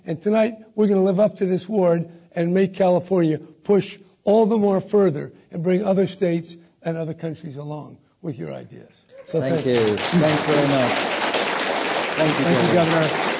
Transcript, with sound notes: And tonight, we’re going to live up to this award and make California push all the more further and bring other states and other countries along with your ideas.
Lord Nicholas SternThank you. Thank you very much. Thank you.
[Applause]
Thank you, Governor.